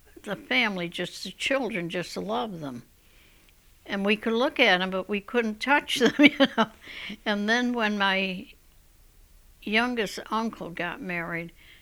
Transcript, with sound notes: the family just, the children just loved them. And we could look at them, but we couldn't touch them, you know? ( she laughs ) And then when my youngest uncle got married,